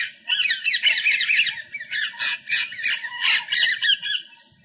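Rose-ringed parakeet giving harsh, rasping squawks in rapid overlapping bursts throughout with little pause.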